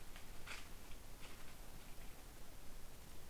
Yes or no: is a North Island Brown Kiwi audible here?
no